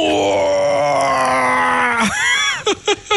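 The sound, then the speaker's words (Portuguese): A person imitates a Godzilla roar: a loud, strained, sustained vocal bellow lasting about two seconds, then a rising-and-falling screech and a few short, choppy bursts at the end. “Aquele barulho de Godzilla, né?”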